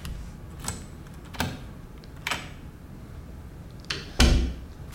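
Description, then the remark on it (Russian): A door opening as a woman enters in the evening: a few sharp clicks and knocks from the latch and handle spaced over several seconds, ending in a louder, heavier thump as it swings shut. No one speaks. “Входит Ира.”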